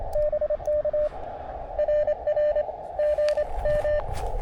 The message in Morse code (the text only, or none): BK RR GM